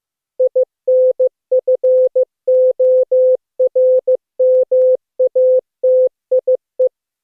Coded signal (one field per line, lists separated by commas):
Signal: Morse code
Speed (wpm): 15 wpm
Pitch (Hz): 510 Hz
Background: none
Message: INFORMATIE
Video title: Daily Minutes, November 27, 2015, without the Contestia.